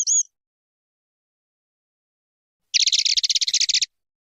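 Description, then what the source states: Streaked spiderhunter with a brief high note, then after a pause a fast, dry, chattering trill of about a second. Long, clear recording of an actively singing bird, made as a tutor recording for training birds.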